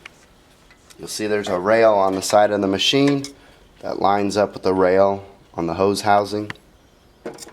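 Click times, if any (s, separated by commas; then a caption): none. A plastic hose housing is lined up with the rail on the side of a coffee machine, ready to be slid back onto it. Someone talks throughout, with brief handling knocks near 0.1 s, 0.7 s and 7.3 s. The housing has not snapped into place yet, and nothing has seated or clicked.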